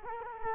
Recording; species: mosquito wingbeat signal from an infrared sensor; Culex quinquefasciatus